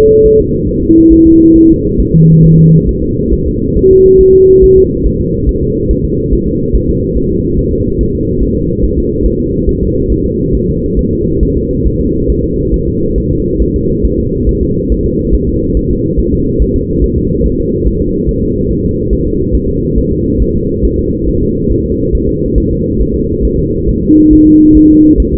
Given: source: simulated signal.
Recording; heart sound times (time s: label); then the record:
fetal heart sounds
0.26 s: S1
0.40 s: S2
0.69 s: S1
0.83 s: S2
1.13 s: S1
1.27 s: S2
1.56 s: S1
1.70 s: S2
2.00 s: S1
2.14 s: S2
2.45 s: S1
2.59 s: S2
2.89 s: S1
3.03 s: S2
3.34 s: S1
3.47 s: S2
3.77 s: S1
3.91 s: S2
4.21 s: S1
4.35 s: S2
4.64 s: S1
4.78 s: S2
5.07 s: S1
5.21 s: S2
5.49 s: S1
5.63 s: S2
5.91 s: S1
6.05 s: S2
6.33 s: S1
6.47 s: S2
6.75 s: S1
6.89 s: S2
7.18 s: S1
7.31 s: S2
7.59 s: S1
7.73 s: S2
8.01 s: S1
8.15 s: S2
8.43 s: S1
8.57 s: S2
8.84 s: S1
8.98 s: S2
9.26 s: S1
9.40 s: S2
9.69 s: S1
9.83 s: S2
10.12 s: S1
10.26 s: S2
10.55 s: S1
10.69 s: S2
10.99 s: S1
11.13 s: S2
11.43 s: S1
11.57 s: S2
11.86 s: S1
12.01 s: S2
12.30 s: S1
12.44 s: S2
12.74 s: S1
12.88 s: S2
13.18 s: S1
13.32 s: S2
13.62 s: S1
13.76 s: S2
14.05 s: S1
14.20 s: S2
14.49 s: S1
14.63 s: S2
14.92 s: S1
15.06 s: S2
15.35 s: S1
15.49 s: S2
15.77 s: S1
15.91 s: S2
16.19 s: S1
16.34 s: S2
16.62 s: S1
16.76 s: S2
17.04 s: S1
17.18 s: S2
17.46 s: S1
17.60 s: S2
17.88 s: S1
18.02 s: S2
18.29 s: S1
18.43 s: S2
18.71 s: S1
18.85 s: S2
19.13 s: S1
19.27 s: S2
19.55 s: S1
19.69 s: S2
19.98 s: S1
20.12 s: S2
20.42 s: S1
20.56 s: S2
20.85 s: S1
20.99 s: S2
21.29 s: S1
21.43 s: S2
21.72 s: S1
21.86 s: S2
22.15 s: S1
22.29 s: S2
22.58 s: S1
22.72 s: S2
23.01 s: S1
23.16 s: S2
23.45 s: S1
23.59 s: S2
23.89 s: S1
24.03 s: S2
24.33 s: S1
24.47 s: S2
24.77 s: S1
24.91 s: S2
25.20 s: S1
25.34 s: S2
From the record:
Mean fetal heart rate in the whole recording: 140 bpm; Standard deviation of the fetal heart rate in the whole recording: 2 bpm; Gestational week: 34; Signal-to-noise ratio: -14.7 dB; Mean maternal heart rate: 72 bpm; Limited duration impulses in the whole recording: present